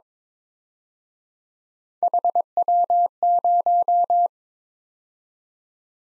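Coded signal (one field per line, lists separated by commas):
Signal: Morse code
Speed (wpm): 28 wpm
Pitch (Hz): 700 Hz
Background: none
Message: HW0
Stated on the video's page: Morse practice drill of three-character letter-number groups that starts fast and slows to a 22 wpm base, with a final repeat at maximum speed.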